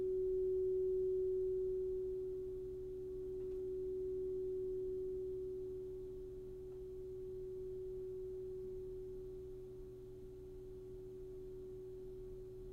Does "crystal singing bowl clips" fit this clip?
yes